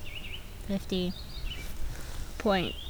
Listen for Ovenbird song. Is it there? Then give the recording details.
no. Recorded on 25 June 2016 at 16:28. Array SBT-6-76